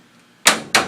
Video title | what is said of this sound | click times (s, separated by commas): The Humidifier by Peak Heating & Cooling, Inc | you're going to hear that double click your tray is installed properly | 0.5 s, 0.8 s